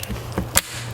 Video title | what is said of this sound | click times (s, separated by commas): Dorman Products 923-036 1999-2004 Jeep Grand Cherokee tail lamp repair kit | you'll hear the audible clicks as each one of the catches locks and | 0.0 s, 0.4 s, 0.6 s